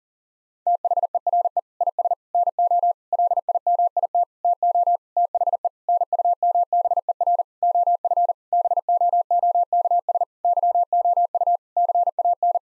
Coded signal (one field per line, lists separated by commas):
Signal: Morse code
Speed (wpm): 40 wpm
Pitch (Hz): 700 Hz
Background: none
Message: THERE IS NO LIMIT TO THE NUMBER OF BOOKS YOU CAN